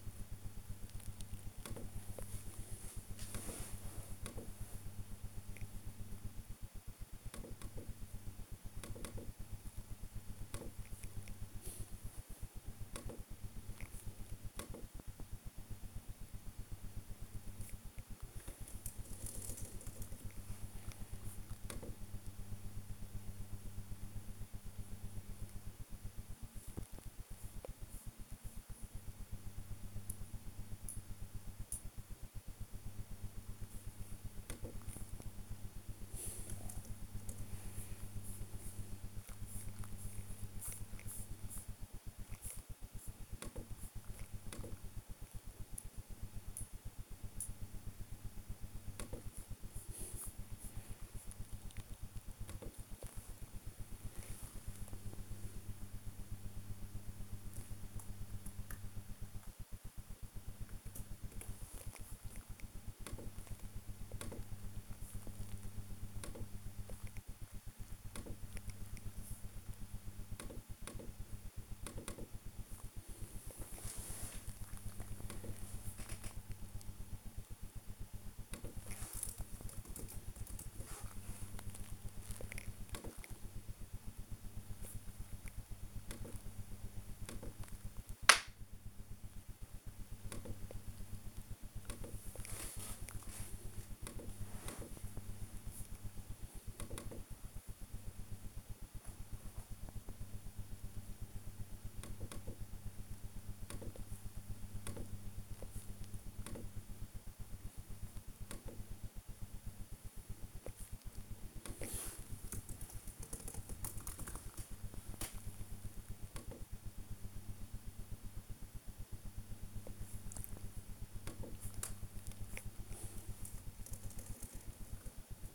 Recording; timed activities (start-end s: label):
household activities, microphone on the right wrist
115.25-125.55 s: working on the computer